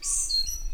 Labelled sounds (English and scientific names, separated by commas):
Stitchbird (Notiomystis cincta) song